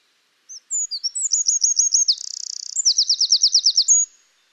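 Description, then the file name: Eurasian wren song: very high, rapid phrase of sweet opening notes, then a fast trill, a dry buzzy rattle and a second quick trill, ending on a thin whistle. "Troglodytes troglodytes"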